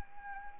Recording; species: mosquito wingbeat signal from an infrared sensor; Anopheles arabiensis